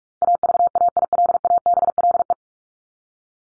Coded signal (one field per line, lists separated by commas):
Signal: Morse code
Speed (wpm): 44 wpm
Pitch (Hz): 700 Hz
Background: none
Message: AVAILABLE